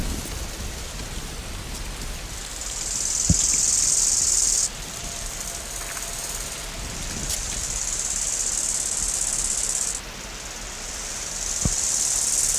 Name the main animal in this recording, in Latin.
Chorthippus biguttulus